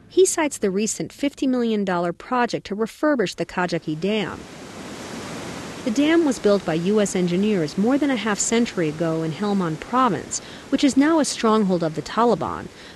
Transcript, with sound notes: He cites the recent $50 million project to refurbish the Kajaki Dam. (Soundbite of water) The dam was built by U.S. engineers more than a half-century ago in Helmand Province, which is now a stronghold of the Taliban.